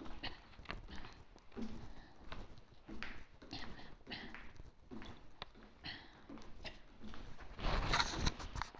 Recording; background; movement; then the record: throat clearing; quiet; walking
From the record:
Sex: female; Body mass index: 25.5 kg/m2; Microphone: on the chest, facing outward